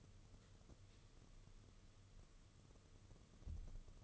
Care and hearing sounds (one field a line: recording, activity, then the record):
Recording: daily activity, microphone in the room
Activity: light on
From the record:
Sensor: 4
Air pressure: 995.3 hPa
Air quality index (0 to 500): 209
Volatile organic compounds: 214 ppm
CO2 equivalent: 4257 ppm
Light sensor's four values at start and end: 7/17/7/8 and 7/17/6/7